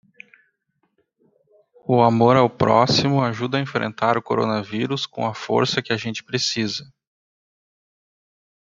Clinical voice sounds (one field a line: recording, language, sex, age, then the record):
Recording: spoken sentence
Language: Brazilian Portuguese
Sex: male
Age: 30 to 39 years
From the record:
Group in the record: control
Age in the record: 38 years